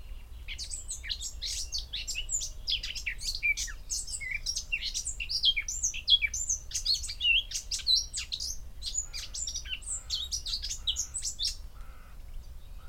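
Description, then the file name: Eurasian blackcap song: steady, rapid warbling of scratchy and whistled notes that goes on through most of the stretch with barely a break. "Sylvia atricapilla"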